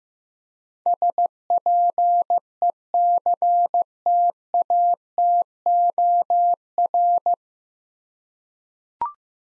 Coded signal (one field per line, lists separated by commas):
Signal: Morse code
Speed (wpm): 15 wpm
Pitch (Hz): 700 Hz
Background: none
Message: SPECTATOR